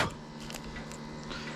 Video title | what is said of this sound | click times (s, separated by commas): Greenworks Pro 2700 PSI Pressure Washer How to tips (Business/Home/Automotive Detailing) 3yr review! | that thing locks into place and you can position it when the slits that way you're going to get a fan | 0.5 s, 0.6 s